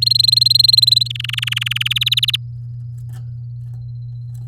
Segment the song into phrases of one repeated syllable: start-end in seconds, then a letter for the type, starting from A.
0.01-1.08 A, 1.10-1.88 B, 1.90-2.36 C